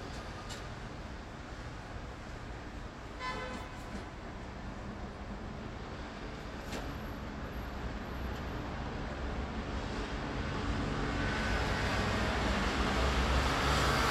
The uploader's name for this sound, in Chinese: 內湖路剛才的聲音